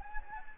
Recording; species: mosquito wingbeat signal from an infrared sensor; Anopheles gambiae